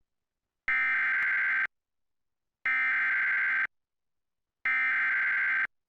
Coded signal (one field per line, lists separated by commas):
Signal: Emergency Alert System (SAME) tones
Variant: header bursts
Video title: TV EAS #6 (EAS #12): Severe Thunderstorm Warning, 6/17/15